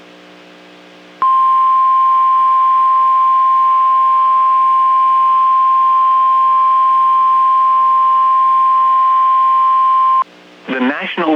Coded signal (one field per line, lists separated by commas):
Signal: Emergency Alert System (SAME) tones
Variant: 1050 Hz attention tone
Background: speech